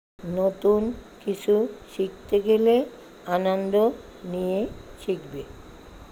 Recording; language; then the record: elicited speech; Bengali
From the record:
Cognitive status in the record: dementia